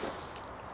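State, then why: Not seated. A cobra buckle of a tool belt is handled around the wearer's waist in a short stretch of low, steady rustling with no distinct hits. Nothing has seated or clicked yet.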